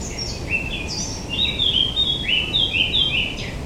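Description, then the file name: Eurasian blackcap song: a soft scratchy warble that breaks into a run of louder, clear fluting notes, over steady background noise. "Sylvia atricapilla"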